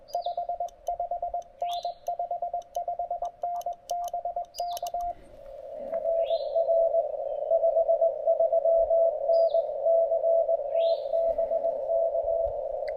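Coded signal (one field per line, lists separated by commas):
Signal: Morse code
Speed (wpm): 21 wpm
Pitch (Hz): 690 Hz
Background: radio noise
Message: 55N 55N BK RR 53N CT BK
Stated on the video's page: QRP park activation with a Penntek TR-45L Skinny, amid interference (QRM).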